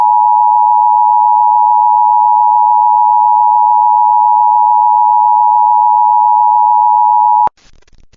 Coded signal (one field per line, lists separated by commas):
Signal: Emergency Alert System (SAME) tones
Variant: 853 and 960 Hz attention tone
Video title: My First Ever EAS Test Compilation! EAS Tests From Mid September 2025 (EAS 50-76) READ DESCRIPTION